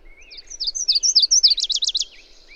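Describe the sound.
A songbird gives a single high, bright phrase. It opens with a thin rising note, then slurred whistles, and ends in a fast repeated trill.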